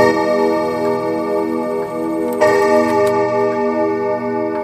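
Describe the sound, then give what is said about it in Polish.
Several clocks tick at once in a clockmaker's workshop in overlapping, uneven rhythms over a steady, ringing tonal drone, with one sharper, louder click about halfway through. No one speaks. “Ja się tak zastanawiam, czy jak panu tak ciągle chodzą zegary, to się przyzwyczaja człowiek, czy już powoli wariuje?”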